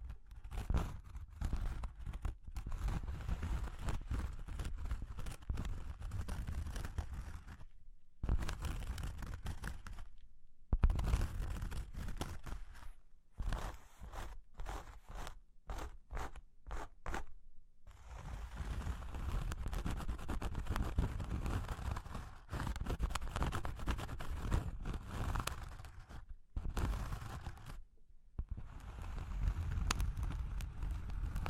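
Cork and wood are scratched and traced in dense, rough passages, broken by brief silences and a run of quick separate taps near the middle.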